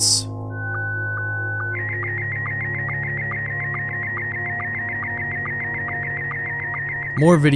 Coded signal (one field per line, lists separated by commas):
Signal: SSTV (slow-scan television)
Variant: Scottie 1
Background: speech